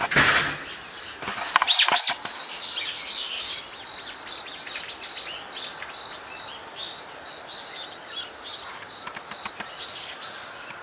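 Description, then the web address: Bird chirps: a burst of sharp, high chirps near the start, then many fainter twittering notes scattered through steady hiss. Recorded on 23 October 2013. "itoshikimono SOB TORINOKOE 20131023"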